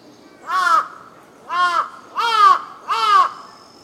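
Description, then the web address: Crow cawing: four harsh caws in quick succession, each slightly arched in pitch, against a quiet background. Ambience recorded in Tokyo, Japan. "Lynne Music 2 Amb Tokyo Japan Brid Crow Caws Insects"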